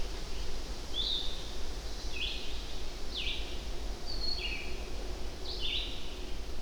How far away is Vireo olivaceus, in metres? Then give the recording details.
about 25 m. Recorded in boreal forest in Alberta, Canada, on 25 June 2016 at 08:45. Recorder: SongMeter 3, array SBT-6-76. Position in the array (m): 183 m, 87 m